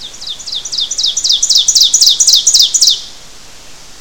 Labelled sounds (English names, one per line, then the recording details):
Ovenbird song
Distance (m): 5 m
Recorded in boreal forest in Alberta, Canada, on 12 June 2016 at 07:10
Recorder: SongMeter 3, array SBT-3-18
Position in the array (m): 239 m, 84 m
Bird 31